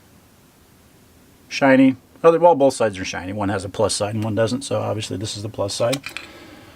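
A shiny coin cell battery, marked with a plus sign on one side, is handled plus side up over its battery holder while someone talks. Nothing has seated or clicked into the holder yet.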